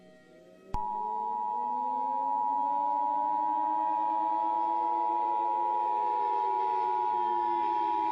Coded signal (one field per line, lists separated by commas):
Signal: Emergency Alert System (SAME) tones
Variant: 853 and 960 Hz attention tone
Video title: [THIS IS SCARY AS FREAK] Leni Loud Reacting To: EAS Scenario: The Grieving (Pt. 1)